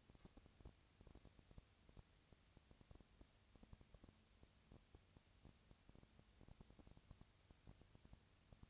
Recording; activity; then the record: daily activity, microphone in the room; no activity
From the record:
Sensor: 2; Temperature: 20.1 degrees Celsius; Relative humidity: 35.5%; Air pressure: 996.9 hPa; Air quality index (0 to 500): 197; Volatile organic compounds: 30 ppm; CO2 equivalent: 2955 ppm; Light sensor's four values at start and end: 2/3/2/2 and 2/3/2/2